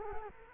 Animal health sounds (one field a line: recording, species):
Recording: mosquito wingbeat signal from an infrared sensor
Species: Culex quinquefasciatus